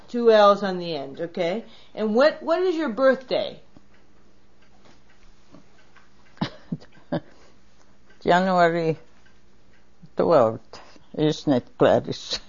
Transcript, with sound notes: Two L-L's on the end. And what, what is your birthday?
( Laughs) January 12. Isn't it, Gladys?